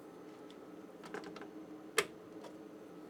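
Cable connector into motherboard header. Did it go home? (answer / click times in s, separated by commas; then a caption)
yes / 2.0 s. A cable connector is pushed onto the motherboard header while a Fluke 5700A calibrator is being reassembled. A few faint ticks around 0.5 s and 1.1–1.4 s lead to a sharp, loud click at 2.0 s as the connector seats.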